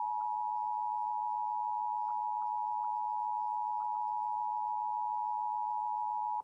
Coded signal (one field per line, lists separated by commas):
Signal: Emergency Alert System (SAME) tones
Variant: 853 and 960 Hz attention tone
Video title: EAS Severe T’storm Warning #23 3/14/25 (Credit Goes To @SouthernPennsylvaniaWX & @KanawhaCountyWX)